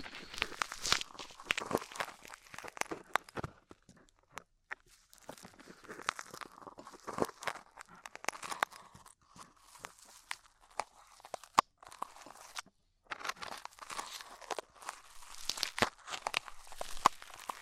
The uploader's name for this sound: Ear Cleaning Rhinestone & Clay Removal